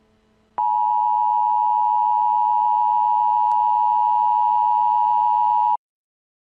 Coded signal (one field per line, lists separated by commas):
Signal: Emergency Alert System (SAME) tones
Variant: 853 and 960 Hz attention tone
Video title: Mandela EAS Scenario | Alternate Universe REMASTERED